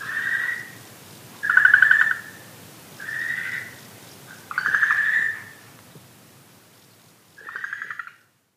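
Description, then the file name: Okinawa green tree frog croaks in a run of five, some buzzy and pulsed, others smooth, ending abruptly into silence. "okinawaaogaeru"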